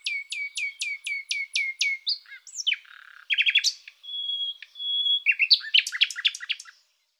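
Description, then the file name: Common nightingale song opening with a fast series of sharp descending whistles, then rattling churrs, a long pure whistle and a burst of varied chattering notes. "slavec Luscinia-megarhynchos. Tomi Trilar"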